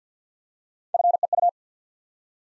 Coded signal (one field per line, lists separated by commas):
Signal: Morse code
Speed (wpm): 47 wpm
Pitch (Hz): 700 Hz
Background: none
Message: FEU